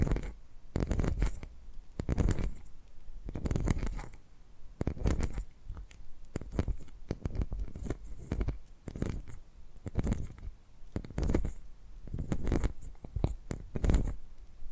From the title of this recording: Brain Tingly Purring Triggers